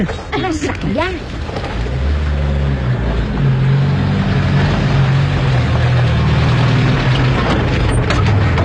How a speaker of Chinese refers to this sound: 这时候一阵汽车喇叭响，大家都以为检查团来了。 来了，乡里吉普车来了。